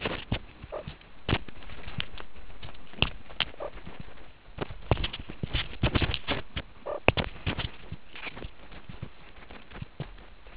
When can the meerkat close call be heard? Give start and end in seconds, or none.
0.72-0.82, 3.60-3.69, 6.86-6.99